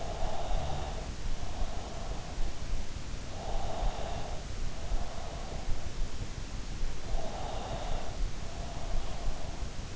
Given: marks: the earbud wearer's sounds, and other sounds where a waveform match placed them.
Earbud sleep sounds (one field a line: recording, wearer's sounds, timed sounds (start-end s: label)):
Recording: sounds in sleep by an in-ear microphone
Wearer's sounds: breath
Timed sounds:
0.00-2.40 s: breath
3.31-5.54 s: breath
6.86-9.14 s: breath